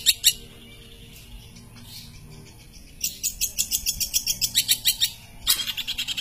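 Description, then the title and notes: Long-tailed shrike song: brief high chips, a quiet pause, then a fast, even series of sharp, high notes ending in a dense burst. Masteran recording of assorted chirping birdsong, used for training songbirds. "cendet_05. Bermacam macam suara kicauan burung Masteran"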